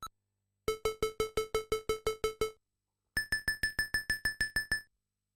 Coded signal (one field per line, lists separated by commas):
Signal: none